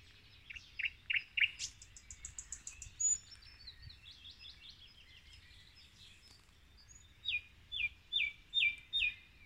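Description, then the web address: Common nightingale song: sharp repeated notes and a fast high rattle, quieter varied twittering, then a clear series of five loud, even, repeated whistles. "rossignol ordinaire chant du rossignol"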